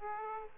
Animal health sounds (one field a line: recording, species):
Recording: mosquito wingbeat signal from an infrared sensor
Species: Aedes aegypti